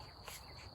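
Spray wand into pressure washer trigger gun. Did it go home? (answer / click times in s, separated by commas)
no / none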